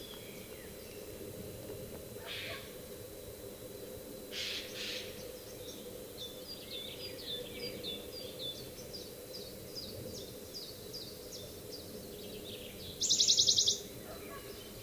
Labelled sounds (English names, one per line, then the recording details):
Western Bonelli's Warbler song
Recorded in the wild
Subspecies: bonelli
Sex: male
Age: adult
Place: Eningen, am Albaufstieg, Schwäbische Alb, Baden-Württemberg, DE
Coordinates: 48.4942, 9.27528
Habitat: forest
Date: 1971-05-27
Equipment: Nagra III PH, MD 211
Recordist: Schneider, Hans-Joachim